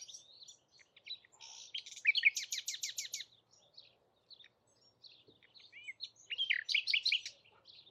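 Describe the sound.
Bird song with a loud burst of sharp, repeated high notes, a quiet pause, then another chattering phrase of quick descending notes.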